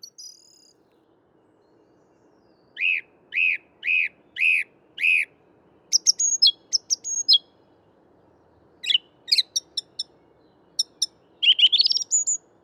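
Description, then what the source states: Song Thrush song: five clear whistled notes repeated in a row, then quick high twittering phrases, some notes repeated several times, over a faint low hum. Recorded at dawn, 5 March 2021, in a Paris park woodland, mono via parabolic microphone; song higher than blackbird's, phrases of notes repeated 3–6 times, faster rhythm.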